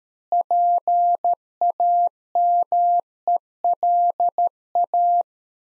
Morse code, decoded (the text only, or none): PAMELA